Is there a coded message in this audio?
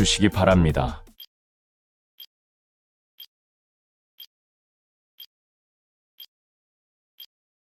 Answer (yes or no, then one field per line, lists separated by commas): no